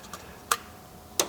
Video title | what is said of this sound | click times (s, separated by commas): Chevy Express P069E: Common Causes & Solutions | and you get it off you go back around this way and it pops right off | 0.5 s, 1.2 s